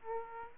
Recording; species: mosquito wingbeat signal from an infrared sensor; Aedes aegypti